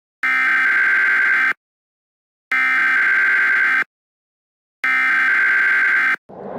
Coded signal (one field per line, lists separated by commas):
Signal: Emergency Alert System (SAME) tones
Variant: header bursts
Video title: PDS Severe Thunderstorm Warning Fresno CA EAS Mock